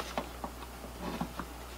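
A memory DIMM is lined up with the slot notch and pressed down into a DIMM slot on a Dell T320 server motherboard. Several soft handling taps sound over a steady low hum, the loudest near 0.2 s and 1.2 s. Nothing has seated or clicked yet.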